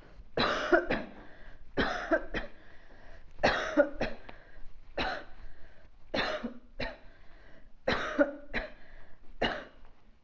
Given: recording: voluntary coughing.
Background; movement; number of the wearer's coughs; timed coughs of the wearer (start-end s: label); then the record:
quiet; walking; 12
0.35-0.89 s: cough
0.88-1.14 s: cough
1.75-2.23 s: cough
2.34-2.59 s: cough
3.41-3.88 s: cough
3.98-4.26 s: cough
4.96-5.24 s: cough
6.12-6.65 s: cough
6.78-7.02 s: cough
7.85-8.38 s: cough
8.53-8.76 s: cough
9.39-9.66 s: cough
From the record:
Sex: female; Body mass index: 22.6 kg/m2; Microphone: on the chest, facing outward